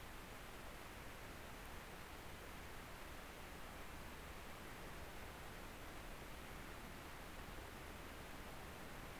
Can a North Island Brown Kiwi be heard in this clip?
no